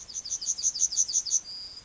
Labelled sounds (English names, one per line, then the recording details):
Yellowhammer song
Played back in grassland
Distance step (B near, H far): E
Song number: 169